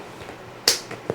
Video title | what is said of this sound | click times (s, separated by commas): Clear plastic shoe boxes assembly and demonstration Great for storage of different display items | as you hear a little snap when they click in and | 0.7 s